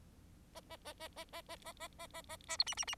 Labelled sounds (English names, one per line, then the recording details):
Bengalese Finch song
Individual Bird4